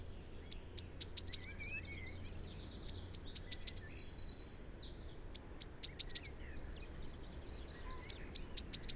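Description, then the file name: Eurasian blue tit repeating its song four times, each phrase high piercing notes then a fast little trill, spaced roughly every two and a half seconds, other birds chattering quietly. "Cyanistes caeruleus"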